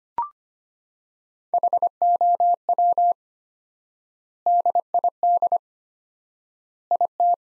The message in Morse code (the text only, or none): HOW DID IT